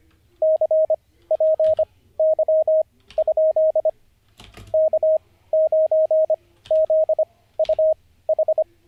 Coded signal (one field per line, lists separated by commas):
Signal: Morse code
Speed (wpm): 25 wpm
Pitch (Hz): 630 Hz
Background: radio noise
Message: CPY? K9ZUH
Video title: N0SSC Learns Morse Code (Day 48) [Livestream]